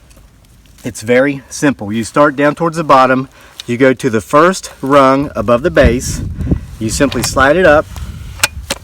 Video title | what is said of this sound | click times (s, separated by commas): Bigfoot Sasquatch Stands NO Chance Now With This New Tool In His Arsenal | hear it click and lock into place and then | 8.4 s, 8.7 s